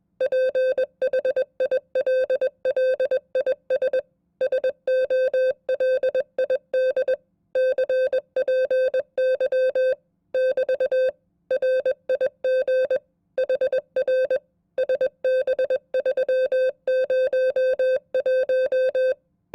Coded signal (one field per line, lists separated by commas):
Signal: Morse code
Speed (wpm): 21 wpm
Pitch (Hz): 520 Hz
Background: music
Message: PHILLIS SOLID CPY <BT> RIG HR SB301